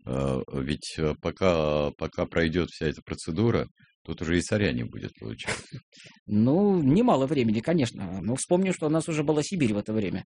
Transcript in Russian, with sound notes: ведь пока пройдет вся эта процедура, тут уже и царя не будет, получается. (смеется)
Ну, немало времени, конечно. Ну, вспомним, что у нас уже была Сибирь в это время.